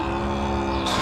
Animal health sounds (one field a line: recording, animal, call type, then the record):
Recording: contact call of a hoofed animal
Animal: cattle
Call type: low-frequency (closed-mouth) or high-frequency (open-mouth) call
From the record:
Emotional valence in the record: negative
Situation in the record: full separation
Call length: 1.02 s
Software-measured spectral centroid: 2360 Hz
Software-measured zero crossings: 1950 a second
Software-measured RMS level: -24 dBFS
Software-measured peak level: -9 dBFS